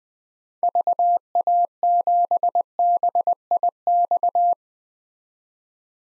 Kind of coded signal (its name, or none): Morse code